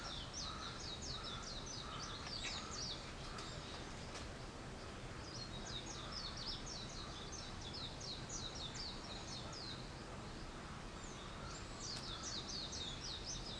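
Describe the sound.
Bird chirps: bursts of high, rapid twittering separated by pauses, with a few faint lower notes, over heavy low background noise.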